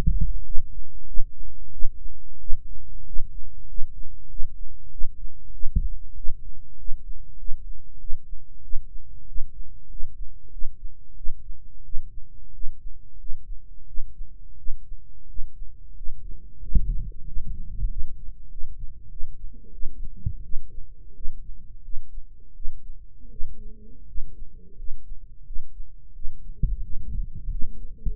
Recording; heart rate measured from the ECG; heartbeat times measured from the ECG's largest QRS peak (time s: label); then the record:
heart sounds by microphone in the right ear; 91 bpm
0.43 s: heartbeat
1.05 s: heartbeat
1.70 s: heartbeat
2.38 s: heartbeat
3.04 s: heartbeat
3.66 s: heartbeat
4.27 s: heartbeat
4.89 s: heartbeat
5.51 s: heartbeat
6.14 s: heartbeat
6.76 s: heartbeat
7.36 s: heartbeat
7.98 s: heartbeat
8.61 s: heartbeat
9.25 s: heartbeat
9.88 s: heartbeat
10.50 s: heartbeat
11.14 s: heartbeat
11.82 s: heartbeat
12.51 s: heartbeat
13.17 s: heartbeat
13.85 s: heartbeat
14.56 s: heartbeat
15.26 s: heartbeat
15.94 s: heartbeat
16.59 s: heartbeat
17.24 s: heartbeat
17.88 s: heartbeat
18.48 s: heartbeat
19.08 s: heartbeat
19.71 s: heartbeat
20.42 s: heartbeat
21.13 s: heartbeat
21.82 s: heartbeat
22.53 s: heartbeat
23.29 s: heartbeat
24.06 s: heartbeat
24.75 s: heartbeat
25.44 s: heartbeat
26.12 s: heartbeat
26.81 s: heartbeat
27.49 s: heartbeat
28.13 s: heartbeat
From the record:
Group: healthy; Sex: male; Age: 21 years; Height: 180 cm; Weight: 67.5 kg